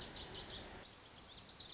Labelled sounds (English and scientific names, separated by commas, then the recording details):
Lazuli Bunting (Passerina amoena)
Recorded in Sonoma County, California